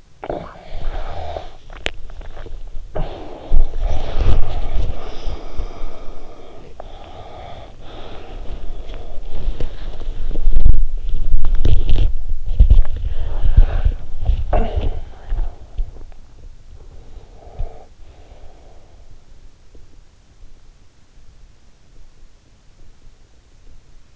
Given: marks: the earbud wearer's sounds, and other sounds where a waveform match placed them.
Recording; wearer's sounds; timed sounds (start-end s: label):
sounds in sleep by an in-ear microphone; snoring breath, swallowing, body movement, breath, cough or throat clearing or sniffle
0.00-1.65 s: snoring breath
1.65-3.94 s: swallowing
4.09-14.22 s: body movement
6.62-9.19 s: breath
14.22-16.30 s: cough or throat clearing or sniffle
16.28-19.66 s: breath